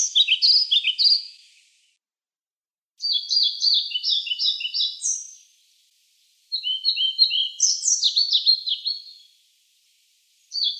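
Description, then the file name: European pied flycatcher song: short, jerky phrases of high chirping notes, a few seconds each, separated by pauses of about a second, repeated several times. "Ficedula hypoleuca"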